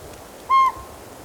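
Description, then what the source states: Northern Pygmy-Owl giving a single short whistled hoot, level in pitch and lasting about a fifth of a second, against a quiet background. Calling again; Pearson Creek, Ochoco Mountains, 4,000 feet, Crook County, Oregon; June 25, 1997.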